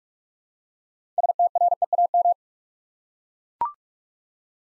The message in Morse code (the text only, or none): STREAM